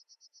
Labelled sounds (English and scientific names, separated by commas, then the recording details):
Yellowhammer (Emberiza citrinella) song
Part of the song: start
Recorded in the Czech Republic on 23 April 2015
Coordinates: 50.011, 16.207
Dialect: BE
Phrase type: G35
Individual ch011